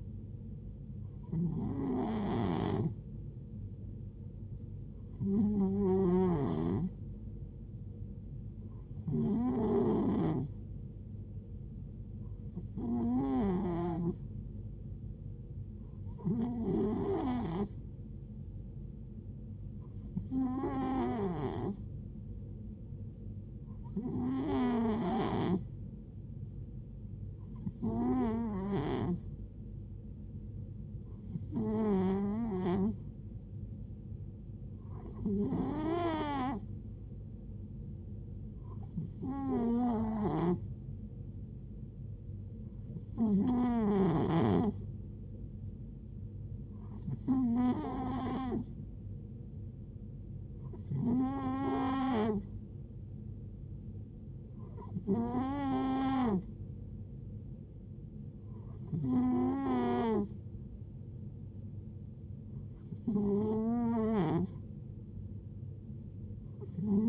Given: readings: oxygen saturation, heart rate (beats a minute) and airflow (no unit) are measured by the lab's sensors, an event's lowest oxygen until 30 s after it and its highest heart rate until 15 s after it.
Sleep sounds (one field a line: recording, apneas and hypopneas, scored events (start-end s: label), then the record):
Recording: breathing in sleep by a smartphone at the bedside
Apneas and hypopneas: none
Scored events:
none scored
From the record:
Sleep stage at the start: N2 (light sleep)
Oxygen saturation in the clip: 90 to 91%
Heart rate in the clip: 65 to 75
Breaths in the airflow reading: 19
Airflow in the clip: -4.4 to 4.2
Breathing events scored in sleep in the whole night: 389 in 6.3 hours asleep